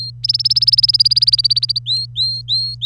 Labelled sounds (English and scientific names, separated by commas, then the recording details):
Domestic Canary (Serinus canaria) song
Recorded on 25 April 2018 at 08:15
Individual llb3